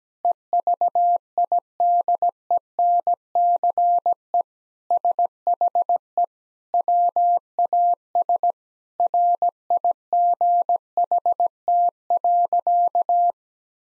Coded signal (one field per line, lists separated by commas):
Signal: Morse code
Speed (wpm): 17 wpm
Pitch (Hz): 700 Hz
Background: none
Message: EVIDENCE SHE WAS RIGHT.